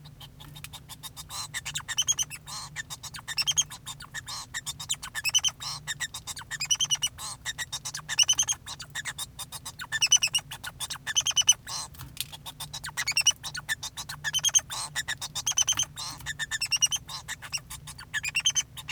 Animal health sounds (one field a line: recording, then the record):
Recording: song of a male Bengalese finch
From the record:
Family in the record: son of father 2